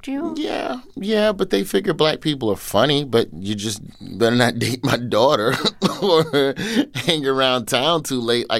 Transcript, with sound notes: yeah, but they figured black people are funny. But you just better not date my daughter (laughter) or hang around town too late.